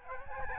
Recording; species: mosquito wingbeat signal from an infrared sensor; Aedes albopictus